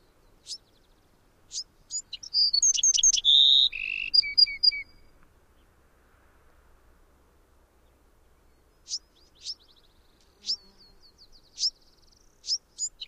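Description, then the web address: Bewick's wren song: a phrase of whistles, a steady tone and paired notes, with scattered short high chips before and after. "Songs of Birds of North America Know Your Bird Sounds. Bewicks Wren"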